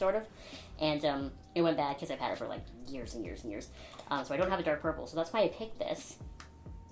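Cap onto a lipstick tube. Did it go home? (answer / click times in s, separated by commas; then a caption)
yes / 6.4 s. Someone talks while a plastic cap is pushed back onto a lipstick tube after the lipstick is applied. The cap closes with a short, sharp click at 6.4 s, and it seats.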